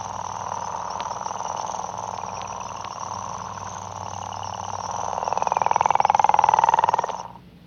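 A chorus of African frogs croaks in a dense, continuous rapid trill, steady at first, then swelling louder toward the end before cutting off abruptly. No one speaks.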